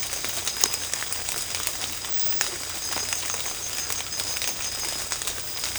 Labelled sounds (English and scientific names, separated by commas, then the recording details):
none
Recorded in secondary vegetation near Puerto Asís, Putumayo, Colombia, on 16 December 2024 at 02:30
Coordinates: 0.499, -76.323
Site G010